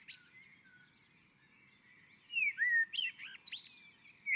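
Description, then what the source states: Common blackbird: after a near-silent pause, a liquid fluted phrase closing with scratchy high notes. On a roof.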